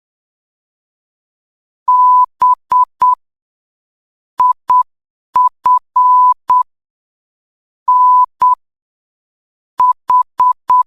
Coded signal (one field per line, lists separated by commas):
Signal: Morse code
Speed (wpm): 8 wpm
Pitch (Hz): 1000 Hz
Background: none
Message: B IF N H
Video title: Signal Post | Morse Code for Beginners Level 2.... Part 3 #signalpost